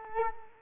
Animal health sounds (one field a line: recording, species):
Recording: mosquito wingbeat signal from an infrared sensor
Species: Culex quinquefasciatus